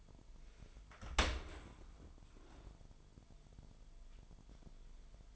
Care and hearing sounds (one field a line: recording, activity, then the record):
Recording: daily activity, microphone in the room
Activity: open dishwasher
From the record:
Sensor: 5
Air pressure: 998.3 hPa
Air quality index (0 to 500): 85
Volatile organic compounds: 1 ppm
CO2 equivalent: 968 ppm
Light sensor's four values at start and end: 20/47/20/22 and 20/47/20/22